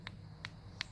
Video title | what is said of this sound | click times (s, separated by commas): Auxito H7 LED headlight bulb install 2007 Mercury Milan (HOW TO) | these little audible clicks and now that ring comes off so they want you to fix this into the housing | 0.1 s, 0.5 s, 0.8 s